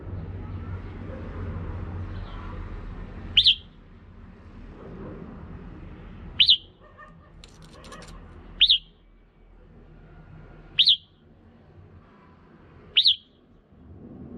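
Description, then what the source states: Red-whiskered bulbul repeats a short bright slurred call about every two seconds, five times, against a steady low hum. Female.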